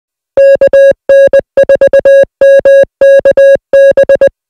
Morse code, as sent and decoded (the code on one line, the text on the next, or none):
-.- -. ....- -- -.- -...
KN4MKB